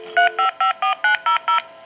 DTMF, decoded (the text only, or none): 3554900